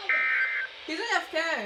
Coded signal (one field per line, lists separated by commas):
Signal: Emergency Alert System (SAME) tones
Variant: end-of-message bursts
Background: speech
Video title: Weather Radio Rampage (Part I) EAS #63-74